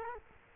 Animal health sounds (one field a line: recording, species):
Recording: mosquito wingbeat signal from an infrared sensor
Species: Culex quinquefasciatus